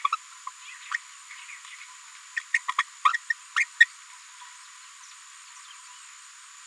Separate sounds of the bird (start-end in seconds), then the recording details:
0.04-0.09, 0.12-0.17, 0.91-0.97, 2.54-2.58, 2.68-2.73, 2.78-2.83, 3.04-3.17, 3.30-3.34, 3.55-3.65, 3.80-3.86. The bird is a female. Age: 30 days. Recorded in a nest box in Venezuela. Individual 17B73B3